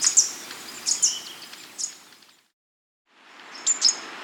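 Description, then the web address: Green violetear song: a few high, thin chip notes, mostly in quick pairs, broken by a short silent gap before two more notes. Recorded in South America. "Natures Songs S America Green Violetear"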